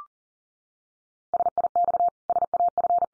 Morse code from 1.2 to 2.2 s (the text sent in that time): SIX